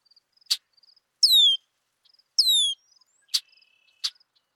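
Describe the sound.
Red-winged blackbird giving two clear, descending slurred whistles between sharp clicks, with faint high ticking notes.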